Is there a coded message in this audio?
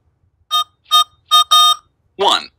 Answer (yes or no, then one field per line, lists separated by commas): no